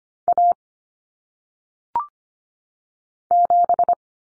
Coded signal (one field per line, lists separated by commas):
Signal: Morse code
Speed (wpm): 25 wpm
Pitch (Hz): 700 Hz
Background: none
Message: A 7